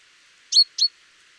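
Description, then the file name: Great tit call, two brief sharp notes in quick succession, then silence. "Parus major"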